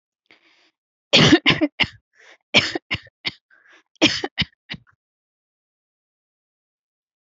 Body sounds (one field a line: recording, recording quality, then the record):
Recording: shallow voluntary cough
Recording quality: excellent, no background noise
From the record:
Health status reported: respiratory illness, not identified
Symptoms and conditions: asthma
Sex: female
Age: 27 years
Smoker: not ticked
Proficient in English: yes